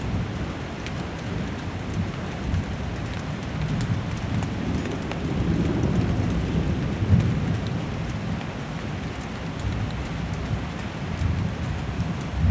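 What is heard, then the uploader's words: Heavy rain pours steadily, a dense hiss with scattered brighter drips and patters. A deep rumble swells in the low end around the middle, likely thunder rolling under the downpour. The level stays fairly even throughout, loud. Heavy storm ambience. Rain in different cities: Tigre (Argentina), Madrid (Spain), Buenos Aires (Argentina) and Berlin (Germany).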